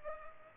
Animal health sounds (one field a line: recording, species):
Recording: mosquito wingbeat signal from an infrared sensor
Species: Culex pipiens